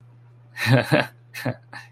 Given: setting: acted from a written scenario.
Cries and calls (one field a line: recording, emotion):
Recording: vocal sound without words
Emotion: amusement